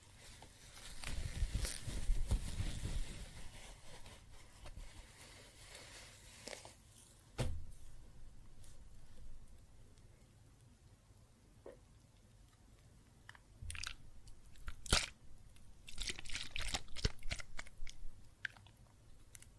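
Water and soap foam crackle and fizz, with a loud rushing swell early, then quieter popping, sharp clicks near 7.5 and 15 seconds.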